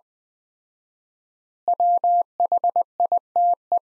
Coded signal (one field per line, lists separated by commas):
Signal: Morse code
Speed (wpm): 20 wpm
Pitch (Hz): 700 Hz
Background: none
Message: WHITE